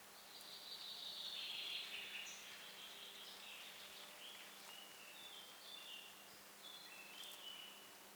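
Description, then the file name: Common chaffinch song: a faint, high trilled phrase that descends through about two seconds, followed by softer scattered chirps and a steady low hum. "Fringilla coelebs"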